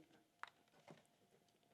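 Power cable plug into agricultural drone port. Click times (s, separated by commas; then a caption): 0.4 s. A power cable plug is pushed into its port on top of a DJI Agras T50 agricultural spray drone and seats with a sharp, good click at 0.4 s, followed by a softer, duller sound around 0.9 s. The cable is then tugged to confirm the plug is secure.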